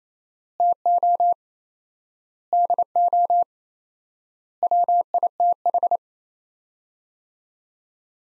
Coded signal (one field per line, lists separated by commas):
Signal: Morse code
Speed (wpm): 28 wpm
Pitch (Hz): 700 Hz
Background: none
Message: TO DO WITH